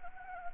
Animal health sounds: mosquito wingbeat signal from an infrared sensor; Anopheles gambiae

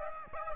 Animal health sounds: mosquito wingbeat signal from an infrared sensor; Aedes aegypti

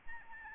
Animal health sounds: mosquito wingbeat signal from an infrared sensor; Aedes albopictus

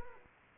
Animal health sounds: mosquito wingbeat signal from an infrared sensor; Anopheles arabiensis

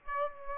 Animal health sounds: mosquito wingbeat signal from an infrared sensor; Aedes aegypti

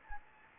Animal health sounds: mosquito wingbeat signal from an infrared sensor; Anopheles gambiae

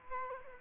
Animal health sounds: mosquito wingbeat signal from an infrared sensor; Culex quinquefasciatus

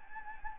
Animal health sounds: mosquito wingbeat signal from an infrared sensor; Anopheles gambiae

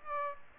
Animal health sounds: mosquito wingbeat signal from an infrared sensor; Aedes aegypti

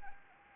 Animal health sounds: mosquito wingbeat signal from an infrared sensor; Anopheles arabiensis

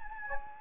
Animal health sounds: mosquito wingbeat signal from an infrared sensor; Anopheles gambiae

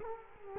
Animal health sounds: mosquito wingbeat signal from an infrared sensor; Culex quinquefasciatus

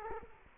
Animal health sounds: mosquito wingbeat signal from an infrared sensor; Culex quinquefasciatus

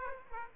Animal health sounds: mosquito wingbeat signal from an infrared sensor; Aedes aegypti

